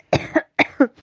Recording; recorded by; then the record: voluntary cough; messaging app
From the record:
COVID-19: negative